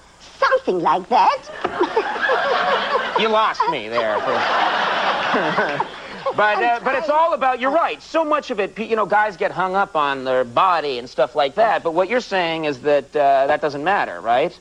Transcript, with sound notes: something like that.
(LAUGHTER)
You lost me there.
(LAUGHTER)
But it's all about - you're right. So much of it - you know, guys get hung up on their body and stuff like that. But what you're saying is that, that doesn't matter, right?